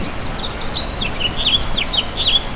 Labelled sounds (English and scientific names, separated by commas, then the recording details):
House Finch (Haemorhous mexicanus) song
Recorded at Patchogue on Long Island, New York, on 21 June 2013
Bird F